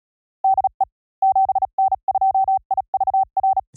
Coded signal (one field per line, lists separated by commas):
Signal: Morse code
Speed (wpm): 36 wpm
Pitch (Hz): 770 Hz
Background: none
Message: DE 7N2IVR